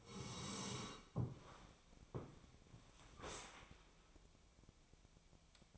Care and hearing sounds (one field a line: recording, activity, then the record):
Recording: daily activity, microphone in the room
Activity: sit down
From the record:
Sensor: 1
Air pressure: 1000.5 hPa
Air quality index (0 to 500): 174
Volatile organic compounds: 4 ppm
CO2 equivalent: 1610 ppm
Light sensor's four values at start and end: 13/30/13/14 and 13/30/13/14